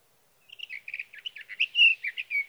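Sage thrasher singing a quick jumble of warbling, twangy notes that starts after a brief silence and runs on without pause, including one longer clear whistle near the end.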